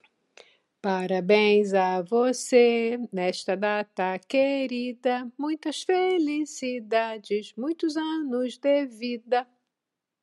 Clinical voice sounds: short text; Brazilian Portuguese; female; 60 to 69 years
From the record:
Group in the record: control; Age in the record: 61 years

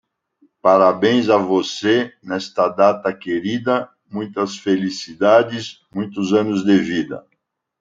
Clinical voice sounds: short text; Brazilian Portuguese; male; 60 to 69 years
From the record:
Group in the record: control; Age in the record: 67 years

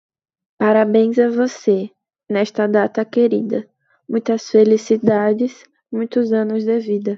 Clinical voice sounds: short text; Brazilian Portuguese; female; 18 to 19 years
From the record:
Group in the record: control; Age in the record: 19 years

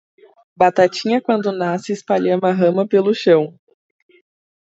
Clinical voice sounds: short text; Brazilian Portuguese; female; 18 to 19 years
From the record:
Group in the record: control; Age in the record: 19 years

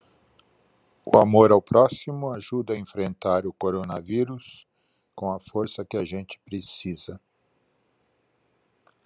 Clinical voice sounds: spoken sentence; Brazilian Portuguese; male; 70 to 79 years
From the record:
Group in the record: control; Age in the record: 71 years

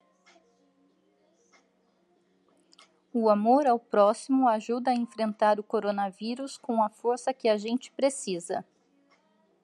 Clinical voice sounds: spoken sentence; Brazilian Portuguese; female; 40 to 49 years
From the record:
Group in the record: control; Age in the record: 42 years

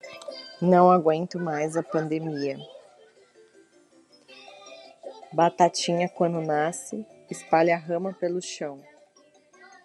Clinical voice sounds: short text; Brazilian Portuguese; female; 30 to 39 years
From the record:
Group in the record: control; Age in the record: 37 years

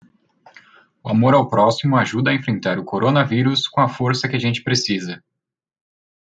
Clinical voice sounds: spoken sentence; Brazilian Portuguese; male; 20 to 29 years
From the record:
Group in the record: control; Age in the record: 25 years

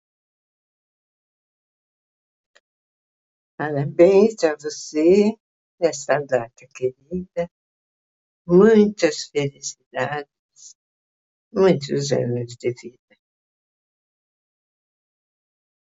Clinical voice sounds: short text; Brazilian Portuguese; female; 80 to 89 years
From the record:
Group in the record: control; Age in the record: 86 years

